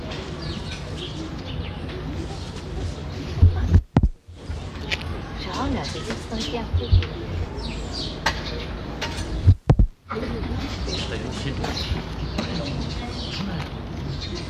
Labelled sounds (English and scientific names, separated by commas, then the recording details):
Chimpanzee (Pan troglodytes)
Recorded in captivity
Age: adult
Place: Zoo Halle, Sachsen-Anhalt, DE
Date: 1977-10-13 12:20
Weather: sonnig, ca, 18°C
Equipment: Nagra SN, Kopie Uher 4000 Report Monitor
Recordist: Tembrock, Günter